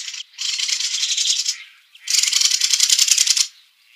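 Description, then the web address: Mistle thrush giving two rapid, rasping rattles separated by a brief pause. "Schulze Peter Mistle Thrush calls"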